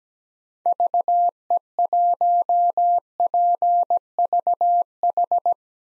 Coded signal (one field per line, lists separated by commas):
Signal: Morse code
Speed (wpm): 17 wpm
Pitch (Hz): 700 Hz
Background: none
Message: VE1PVH